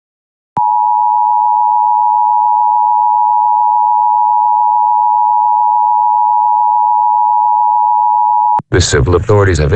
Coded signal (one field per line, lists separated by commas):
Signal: Emergency Alert System (SAME) tones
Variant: 853 and 960 Hz attention tone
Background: speech